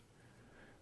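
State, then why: Not seated. A laser-cut wooden part with a hollow half-cylinder is pressed onto its mounting piece in a wooden mechanical model kit. Only a faint, steady low-level noise is heard, with no distinct snap. Nothing has snapped on; the part fits on but only sits loosely.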